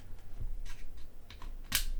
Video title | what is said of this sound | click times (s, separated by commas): Focal Utopia Driver Repair - Let't take a look inside some really expensive headphones | Oh, satisfying click. | 1.8 s